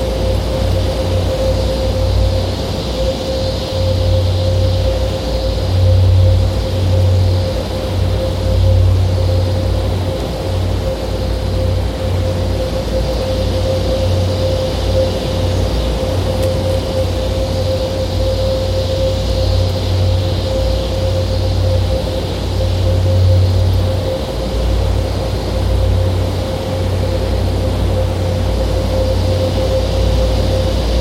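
A steady noise-wall drone built from nature field recordings, dense and unchanging for the whole stretch. A thick rumbling low end pulses slightly, with a clear sustained mid tone and a hissy, bright wash on top; loudness stays nearly constant.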